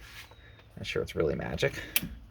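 The second half of the rear bench seat in a Honda Odyssey minivan is being folded down into its stowed position in the floor well while someone talks, with handling and shuffling noises. The clip ends before the latch locks in, so nothing has seated or clicked yet.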